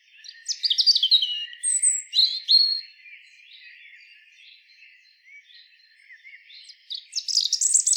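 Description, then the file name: European robin singing a quick sequence of high, sweet twittering phrases, a short pause with faint warbles, then another bright, shrill flourish of high notes at the end. "Erithacus rubecula"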